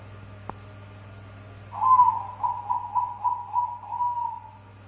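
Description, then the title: Dove coo: after a single click comes a string of several pulsed tonal notes, the first one strongest, over a steady low hum. "Canto Da Pomba"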